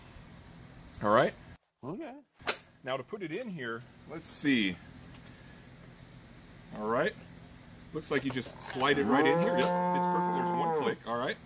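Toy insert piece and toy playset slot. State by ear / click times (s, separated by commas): not seated / none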